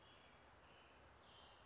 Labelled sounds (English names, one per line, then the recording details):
American Robin
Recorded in Sonoma County, California